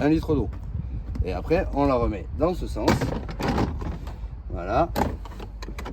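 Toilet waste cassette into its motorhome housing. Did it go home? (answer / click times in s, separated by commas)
yes / 5.6 s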